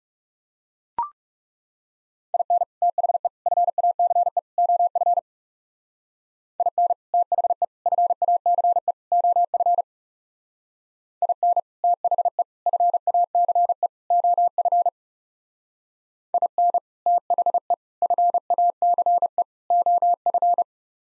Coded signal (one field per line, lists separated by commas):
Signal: Morse code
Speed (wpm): 37 wpm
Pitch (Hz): 700 Hz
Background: none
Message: IN THE FACE OF IN THE FACE OF IN THE FACE OF IN THE FACE OF